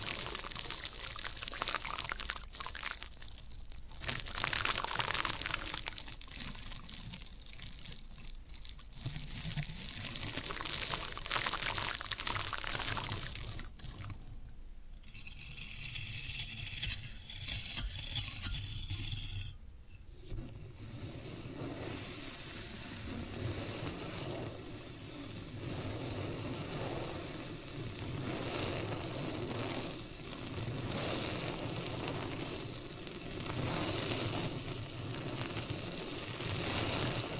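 Floral foam being worked, with dense crumbly crunching and gritty crackle filling most of the clip. Between about 14 and 20 seconds the texture changes to quieter, sparser scraping with brief pauses, then a steadier, hissing crush resumes and continues evenly to the end.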